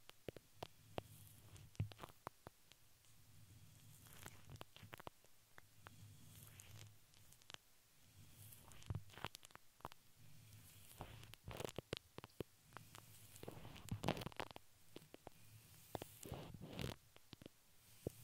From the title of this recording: Crinkles, Plastic, Brush, Silicone, Glass, Paper